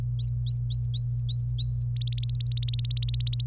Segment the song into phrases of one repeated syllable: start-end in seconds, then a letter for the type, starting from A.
0.19-1.83 A, 1.96-3.43 B